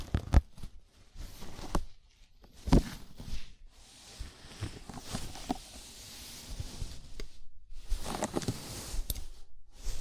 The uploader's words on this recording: ASMR Sleepy Scalp Massage (No Talking).